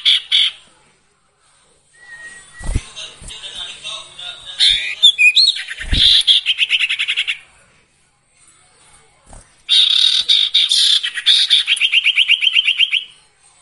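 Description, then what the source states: Sirtu song with harsh buzzy rattles and rapid stuttering trills in several bursts, broken by a few sharp clicks and short gaps. Training recording for songbirds with the full variation of sirtu phrases.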